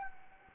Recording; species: mosquito wingbeat signal from an infrared sensor; Anopheles gambiae